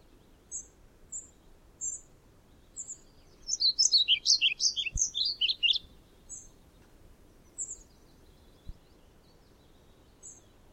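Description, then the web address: European pied flycatcher singing a quick, jumbled burst of high twittering phrases lasting about two seconds, with thin, high single notes before and after. "Aktivitetsbanken. Svarthvit fluesnapper"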